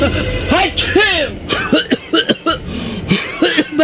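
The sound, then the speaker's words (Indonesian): A person on a Transjakarta bus coughs repeatedly in harsh, wet bursts, broken up by strained, groaning vocal sounds. The coughs come in quick clusters and are loud and raspy. “Batuk, di komik aja.”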